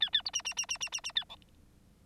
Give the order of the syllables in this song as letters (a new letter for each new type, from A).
A A B C C C C C C C A D